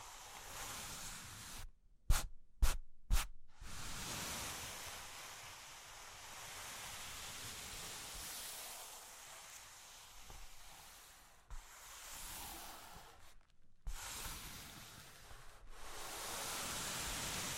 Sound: Cork and Wood Tapping, Scratching, Tracing